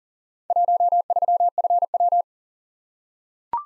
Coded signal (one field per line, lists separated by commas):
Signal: Morse code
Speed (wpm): 40 wpm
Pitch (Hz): 700 Hz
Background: none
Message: 13FW